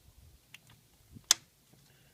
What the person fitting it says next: You can hear a snap there.